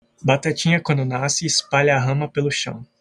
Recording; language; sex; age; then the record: short text; Brazilian Portuguese; male; 18 to 19 years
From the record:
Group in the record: control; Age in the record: 19 years